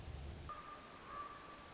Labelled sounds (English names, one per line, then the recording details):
Red-shouldered Hawk
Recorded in Sonoma County, California